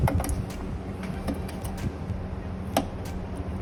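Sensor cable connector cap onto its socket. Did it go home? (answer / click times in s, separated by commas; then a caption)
yes / 2.8 s. A circular sensor cable connector cap on a datalogger/LVDT is lined up by its groove and turned or pushed closed onto its socket. After a few small handling taps near the start, a sharp click at 2.8 s confirms the cap has seated home. No one talks.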